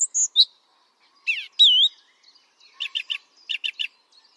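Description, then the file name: Song thrush sings a few high squeaky whistles and slurred notes, then a short three-note chirping phrase given twice. "Pevchij drozd - Pesnya pevchego drozda"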